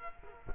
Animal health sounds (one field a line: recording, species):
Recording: mosquito wingbeat signal from an infrared sensor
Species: Culex quinquefasciatus